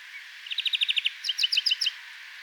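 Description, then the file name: European greenfinch twittering: a fast run of about eight even chirps, followed by a second series of higher, doubled chirps, over light background hiss. "Chloris chloris"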